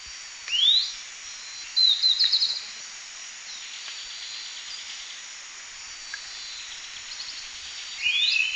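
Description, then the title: Long-tailed tyrant calls: a sharp rising whistle, a short trilled burst of high notes, then another rising whistle after a quiet gap, over a persistent insect drone. "LuckyPassaro Completos2Sama. Long-tailed Tyrant (Colonia colonus)"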